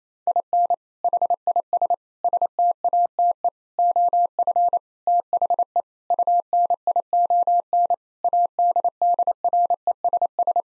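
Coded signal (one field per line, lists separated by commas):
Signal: Morse code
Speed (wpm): 27 wpm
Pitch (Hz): 700 Hz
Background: none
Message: IN HIS STATE OF THE UNION ADDRESS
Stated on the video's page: Morse drill at 28 wpm: sentences with common seven-word phrases, first words spoken, sent, spoken, then sent again for head-copy.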